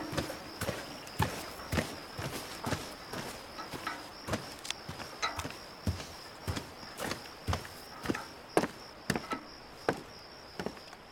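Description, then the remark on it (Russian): Steady footsteps of a man carrying a bucket across a field toward a lake crunch along at an even walking pace, each step a soft, dull thud, with a constant high insect-like whine running underneath the whole time. “Он идет с ведром по полю к озеру.”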